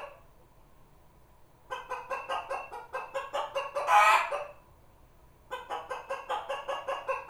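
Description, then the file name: Chicken giving a steady series of short clucks, rising to one loud harsh squawk, falling briefly quiet, then resuming rhythmic clucking. "actual chicken"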